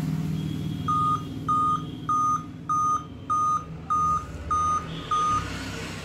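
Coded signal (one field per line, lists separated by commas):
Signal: beep code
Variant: Dell laptop BIOS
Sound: eight short, evenly spaced, steady mid-pitched beeps about half a second apart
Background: low background hum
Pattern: 8 short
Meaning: Eight beeps on a Dell laptop indicate a display or LCD panel failure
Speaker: मैं लगातार कंटिन्यू बेर है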